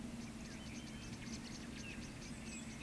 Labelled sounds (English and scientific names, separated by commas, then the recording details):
Eurasian Woodcock (Scolopax rusticola) whistle
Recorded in Baden-Württemberg, Germany, on 14 May 2021 at 19:15 UTC
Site 25175, 602 m above sea level